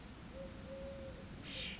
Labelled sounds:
Eurasian Collared Dove (Streptopelia decaocto)

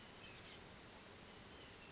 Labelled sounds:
Oak Titmouse (Baeolophus inornatus)

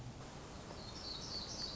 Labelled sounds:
Black-throated Gray Warbler (Setophaga nigrescens)

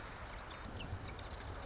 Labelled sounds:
Marsh Wren (Cistothorus palustris)

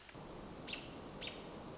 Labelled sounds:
American Robin (Turdus migratorius)

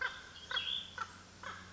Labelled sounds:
Cassin's Vireo (Vireo cassinii)

